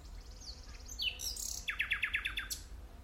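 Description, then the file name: Common nightingale song: varied phrases, a high buzzy trill, then a loud series of repeated sharp chooks rattling in a fast rhythm. "Luscinia megarhynchos"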